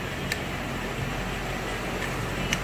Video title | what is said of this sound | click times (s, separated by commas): How to Install DYNOJET POWER COMMANDER V 2015 YAMAHA YFZ450R - Step 1 | Make sure it clips. You don't hear it click, press it again and pull on it. There you go, that's good. | 0.3 s, 2.5 s